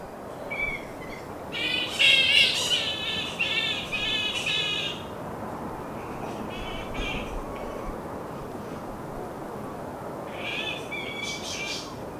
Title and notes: Bat colony just before dusk. Flying foxes